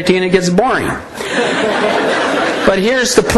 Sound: laughter